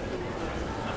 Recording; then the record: background sound without coughing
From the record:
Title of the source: Train Station Sounds Paris